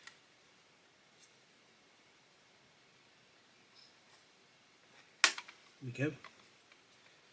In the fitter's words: I don't know what clicked then but something clicked into place